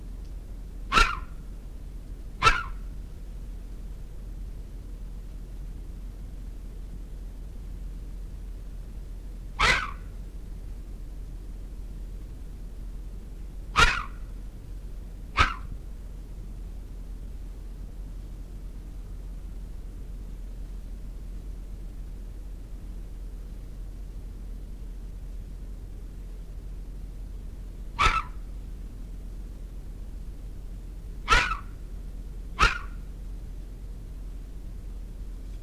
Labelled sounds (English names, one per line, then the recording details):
Corsac Fox barking
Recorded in captivity
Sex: male
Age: adult
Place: Zoologisches Institut der HUB, Berlin, DE
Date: 1969-08-10 12:30
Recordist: Tembrock, Günter